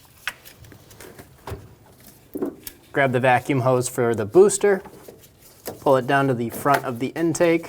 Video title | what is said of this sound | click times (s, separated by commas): How to Replace Coolant Temperature Sensor 2005-2015 Toyota Tacoma 2.7L L4 | install the connector for the purge valve push until you hear a click if you don't give it a pull | 0.3 s